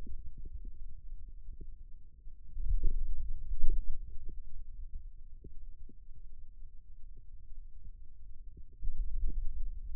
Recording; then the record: forearm muscle sounds (acoustic myography)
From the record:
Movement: finger pinch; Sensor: system 2, bracelet of six BSWA MPA416 microphones around the upper forearm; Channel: 1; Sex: male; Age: 22 years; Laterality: right